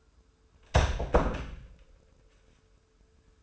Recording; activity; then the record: daily activity, microphone in the room; close door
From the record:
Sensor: 2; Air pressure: 1015.1 hPa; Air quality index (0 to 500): 168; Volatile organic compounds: 9 ppm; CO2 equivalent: 2183 ppm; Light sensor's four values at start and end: 13/36/14/16 and 13/36/14/16